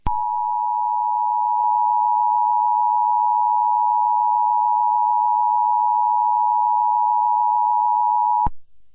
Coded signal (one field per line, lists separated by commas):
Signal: Emergency Alert System (SAME) tones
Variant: 853 and 960 Hz attention tone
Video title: EAS Scenario #26: Mickey Error 1 The Final Chapter